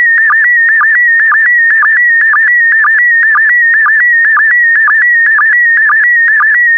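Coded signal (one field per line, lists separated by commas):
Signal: SSTV (slow-scan television)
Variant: PD120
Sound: warbling whistle-like tone with steady rhythmic low blips about twice per second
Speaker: Get ready. Starting transmission in 5, 4, 3, 2, 1. Transmission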